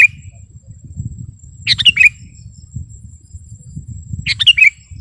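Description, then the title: Sooty-headed bulbul song, bubbly chirpy phrases about two and a half seconds apart, over a continuous low rumbling background noise and a high whine. "kutilang"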